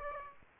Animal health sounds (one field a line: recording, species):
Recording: mosquito wingbeat signal from an infrared sensor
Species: Aedes aegypti